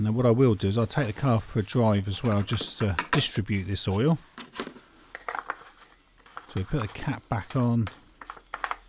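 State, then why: Not seated. A plastic oil filler cap on a MINI One R50 is handled and screwed back onto the engine's oil filler neck after an oil top-up while someone talks, and light clicks and taps of handling are heard after the speech from about 4.6 s to 8.7 s. Nothing has seated or clicked into place yet.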